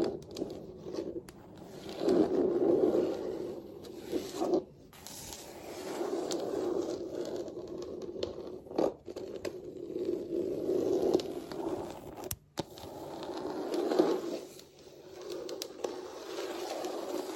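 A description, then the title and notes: Fingernails scratch across a floor in long, rasping strokes that swell and fade every few seconds, with a short sharp tap near twelve seconds. ASMR Floor Scratching with Fake Nails.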